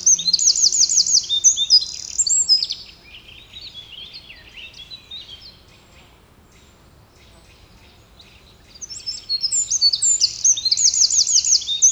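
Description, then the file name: Eurasian wren delivering two loud, high, trilling phrases, with softer twittering in the pause between them. "Troglodytes troglodytes"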